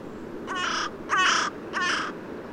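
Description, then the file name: Carrion crow cawing three times in quick succession, grating calls, the middle one loudest. "Corvus corone"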